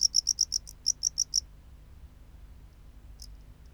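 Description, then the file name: Tropical house cricket giving about ten quick high chirps over the first second and a half, then near silence with one stray chirp later. "Bio Acoustica Gryllodes sigillatus"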